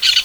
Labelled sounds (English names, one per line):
Brown-throated Parakeet contact call